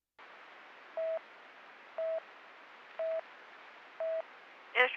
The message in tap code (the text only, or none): none